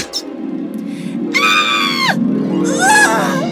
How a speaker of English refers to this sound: They were even in meeting rooms, spoiling the conversations with their squeaking and shrieking.